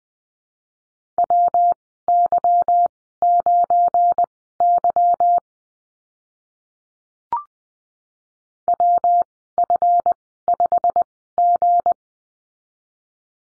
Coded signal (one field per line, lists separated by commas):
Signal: Morse code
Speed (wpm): 19 wpm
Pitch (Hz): 700 Hz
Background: none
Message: WY9Y WF5G